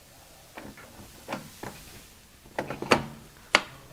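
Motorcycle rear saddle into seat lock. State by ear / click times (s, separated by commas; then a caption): seated / 3.6 s. The rear saddle of a 2019 BMW R1250GSA in Ice Grey is refitted and pressed down into its seat lock, with soft handling knocks around 0.6, 1.3 and 1.6 seconds and a cluster of clacks from 2.6 to 2.9 seconds. A sharp, loud click at 3.6 seconds marks the lock catching, and the saddle is seated.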